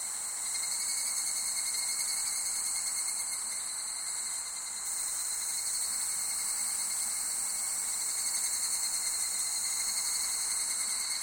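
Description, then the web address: Insects droning in a thick high chorus, with a steady lower ringing and buzzing continuing throughout. Summer insect ambience recorded in Japan. "Sound Effects-Foundation 1 AMBIENCE JAPANESE SUMMER INSECTS"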